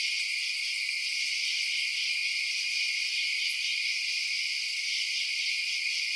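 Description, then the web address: Insects form a constant high trilling wall of sound, steady in level, with one quick higher chirp midway. Night insect ambience outdoors at night. "Sound Effects-Blast Wave Update 3 Night Insects"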